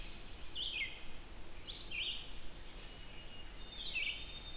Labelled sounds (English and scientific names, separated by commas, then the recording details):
Red-eyed Vireo (Vireo olivaceus) song
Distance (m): 40 m
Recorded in boreal forest in Alberta, Canada, on 6 June 2016 at 05:52
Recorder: SongMeter 3, array SBT-3-51
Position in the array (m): 80 m, 129 m